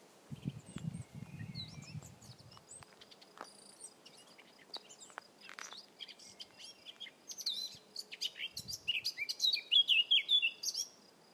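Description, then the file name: Eurasian blackcap song: quiet scratchy twitters, then a loud rich warble of fluty notes near the end. Low rumbling noise is heard at the start. "Sylvia atricapilla"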